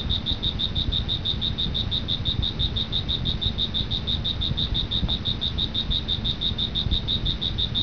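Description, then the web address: Cricket chirping in an even stream of shrill pulses, never pausing, with dull low-pitched rumble underneath. "特酷声音素材库 动物 昆虫 蟋蟀"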